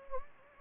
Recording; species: mosquito wingbeat signal from an infrared sensor; Anopheles gambiae